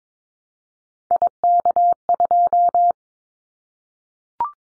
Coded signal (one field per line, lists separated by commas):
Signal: Morse code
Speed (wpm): 22 wpm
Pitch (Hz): 700 Hz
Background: none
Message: IK2